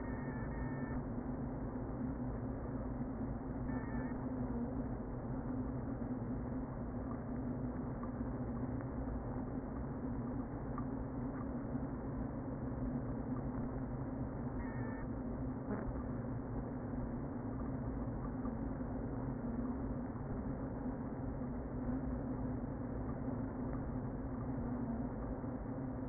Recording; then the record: honeybee colony, microphone inside the hive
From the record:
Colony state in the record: queen present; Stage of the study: before two queens were removed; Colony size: about 60,000 bees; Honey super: yes